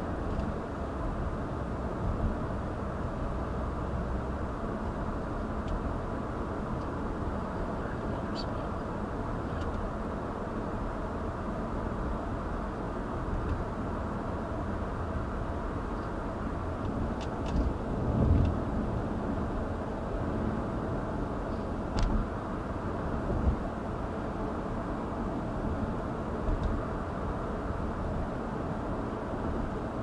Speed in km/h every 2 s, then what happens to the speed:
60, 64, 66, 66, 66, 68, 71, 71, 72, 72, 72, 72, 72, 72, 72.
0-3 speeds up to 66. 3-30 steady at about 72.